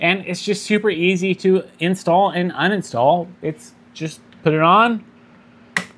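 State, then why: Seated. A plastic fan shroud with contact connectors on its back is put onto the tool head board of a FlashForge AD5X 3D printer and pushed down. Someone talks, then a sharp snap at 5.8 s marks the shroud seating in place.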